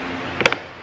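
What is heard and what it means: A small plastic side trim piece is pushed back into a Tacoma truck door after a wrong first try. Its clips snap home with three sharp clicks at about 0.4, 0.5 and 0.5 seconds over a low steady background. The trim piece is seated back in place.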